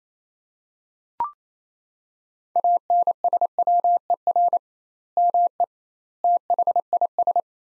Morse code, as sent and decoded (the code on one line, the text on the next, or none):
.- -. ... .-- . .-. / -- . / - .... .. ...
ANSWER ME THIS